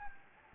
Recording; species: mosquito wingbeat signal from an infrared sensor; Anopheles gambiae